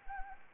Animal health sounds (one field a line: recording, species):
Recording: mosquito wingbeat signal from an infrared sensor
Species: Anopheles arabiensis